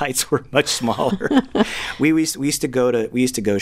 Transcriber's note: laughter